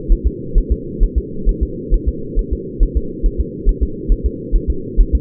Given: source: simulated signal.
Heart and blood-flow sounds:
fetal heart sounds
0.12 s: S1
0.27 s: S2
0.58 s: S1
0.72 s: S2
1.03 s: S1
1.18 s: S2
1.49 s: S1
1.63 s: S2
1.94 s: S1
2.08 s: S2
2.39 s: S1
2.53 s: S2
2.83 s: S1
2.97 s: S2
3.26 s: S1
3.40 s: S2
3.69 s: S1
3.83 s: S2
4.12 s: S1
4.26 s: S2
4.56 s: S1
4.70 s: S2
5.00 s: S1
5.15 s: S2
From the record:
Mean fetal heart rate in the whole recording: 130 bpm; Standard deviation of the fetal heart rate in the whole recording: 4 bpm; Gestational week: 38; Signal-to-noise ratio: -4.3 dB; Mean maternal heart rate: 72 bpm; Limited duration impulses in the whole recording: absent

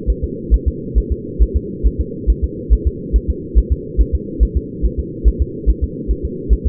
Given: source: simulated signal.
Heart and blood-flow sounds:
fetal heart sounds
0.10 s: S1
0.24 s: S2
0.54 s: S1
0.68 s: S2
0.98 s: S1
1.12 s: S2
1.42 s: S1
1.57 s: S2
1.86 s: S1
2.01 s: S2
2.30 s: S1
2.44 s: S2
2.73 s: S1
2.87 s: S2
3.16 s: S1
3.30 s: S2
3.58 s: S1
3.72 s: S2
4.01 s: S1
4.15 s: S2
4.43 s: S1
4.57 s: S2
4.85 s: S1
5.00 s: S2
5.28 s: S1
5.42 s: S2
5.70 s: S1
5.84 s: S2
6.11 s: S1
6.25 s: S2
6.53 s: S1
6.67 s: S2
From the record:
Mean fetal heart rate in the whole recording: 140 bpm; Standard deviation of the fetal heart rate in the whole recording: 2 bpm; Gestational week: 34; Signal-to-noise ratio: -4.1 dB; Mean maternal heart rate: no maternal heart sound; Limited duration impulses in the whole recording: absent

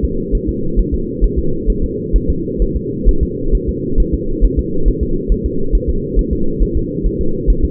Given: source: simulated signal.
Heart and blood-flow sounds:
fetal heart sounds
0.05 s: S2
0.35 s: S1
0.49 s: S2
0.79 s: S1
0.94 s: S2
1.24 s: S1
1.39 s: S2
1.70 s: S1
1.84 s: S2
2.16 s: S1
2.30 s: S2
2.62 s: S1
2.76 s: S2
3.09 s: S1
3.23 s: S2
3.55 s: S1
3.69 s: S2
4.00 s: S1
4.14 s: S2
4.45 s: S1
4.59 s: S2
4.88 s: S1
5.03 s: S2
5.32 s: S1
5.46 s: S2
5.75 s: S1
5.89 s: S2
6.19 s: S1
6.33 s: S2
6.62 s: S1
6.77 s: S2
7.06 s: S1
7.21 s: S2
7.50 s: S1
7.65 s: S2
From the record:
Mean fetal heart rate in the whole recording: 135 bpm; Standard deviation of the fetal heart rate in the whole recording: 3 bpm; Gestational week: 36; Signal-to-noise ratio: -8.1 dB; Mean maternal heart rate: 72 bpm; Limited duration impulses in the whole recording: absent

